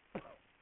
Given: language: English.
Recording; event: throat vibration sensor signal played as sound; cough